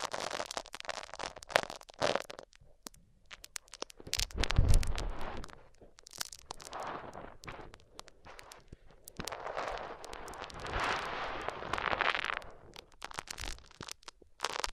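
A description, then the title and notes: A microphone is rubbed and scraped against different surfaces, producing dense bursts of crackling and scratching that come and go in uneven waves. A heavy low thump lands near the middle, and brighter hissing swells build around ten to twelve seconds. ASMR Rubbing Mics On Different Surfaces (No Talking).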